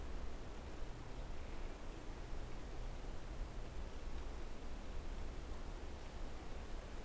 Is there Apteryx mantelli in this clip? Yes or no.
no